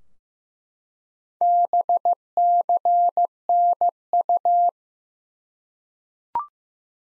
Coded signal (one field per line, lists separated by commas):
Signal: Morse code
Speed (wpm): 15 wpm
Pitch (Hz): 700 Hz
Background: none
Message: BCNU